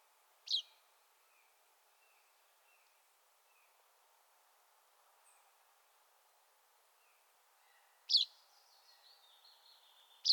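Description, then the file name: Common chaffinch uttering a few sharp, clipped call notes, one early and two near the end, with soft chirps in between. "Fringilla coelebs"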